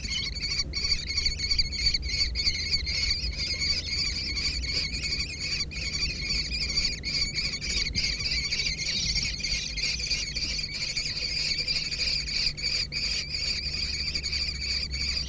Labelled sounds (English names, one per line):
Common Kestrel call